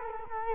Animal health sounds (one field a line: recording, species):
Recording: mosquito wingbeat signal from an infrared sensor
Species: Culex quinquefasciatus